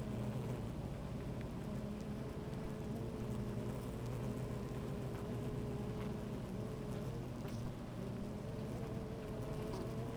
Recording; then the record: honeybee colony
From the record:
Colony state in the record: active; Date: 28 July 2017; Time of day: 13:23